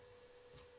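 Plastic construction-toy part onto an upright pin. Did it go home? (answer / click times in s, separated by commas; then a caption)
no / none. While building a Lego Technic 42114 Volvo dump truck, a plastic part is handled over a pin pointing upward, but nothing has seated or clicked yet. A steady hum near 500 Hz runs throughout, with a brief soft rustle of handling around 0.6 s.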